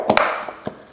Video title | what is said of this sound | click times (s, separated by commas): CFMOTO 300 NK How to remove and re-install both seats (check battery and fuses) | then push down until it snaps into place. | 0.1 s, 0.2 s